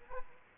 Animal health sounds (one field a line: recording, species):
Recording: mosquito wingbeat signal from an infrared sensor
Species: Aedes aegypti